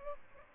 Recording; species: mosquito wingbeat signal from an infrared sensor; Culex pipiens